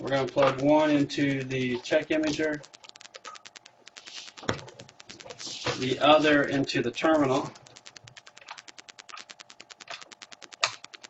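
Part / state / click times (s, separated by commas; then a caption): telephone cord plug into payment terminal jack / seated / 10.6 s. A modular telephone cord plug is pushed into the jack on a card payment terminal while someone talks over a steady train of faint, rapid ticking. The plug snaps in with a sharp click at 10.6 s, showing it is seated and connected correctly.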